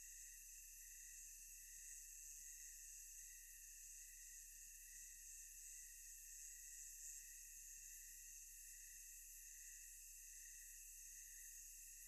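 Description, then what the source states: Insects calling in a dense, steady high chorus of continuous tonal buzzing with a pulsing lower band, over a faint low rumble. Thick tonal insect sounds.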